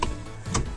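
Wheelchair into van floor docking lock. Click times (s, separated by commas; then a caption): 0.0 s. A child's wheelchair is rolled into a modified van, and its docking lock on the van floor engages with a sharp click at 0.0 s, holding it in place without tie-down straps. A second, softer transient follows at 0.6 s. The lock has seated.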